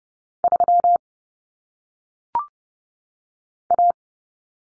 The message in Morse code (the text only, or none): 3 A